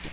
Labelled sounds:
Hooded Warbler (Setophaga citrina) flight call

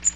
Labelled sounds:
Magnolia Warbler (Setophaga magnolia) flight call

